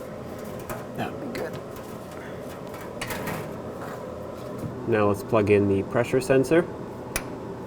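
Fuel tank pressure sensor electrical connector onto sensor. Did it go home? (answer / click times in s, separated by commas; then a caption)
yes / 7.2 s. An electrical connector is pushed onto the fuel tank pressure sensor of a 1997–2003 Ford F-150 during a fuel tank replacement while someone talks. A sharp, short click at 7.2 s shows the connector is seated.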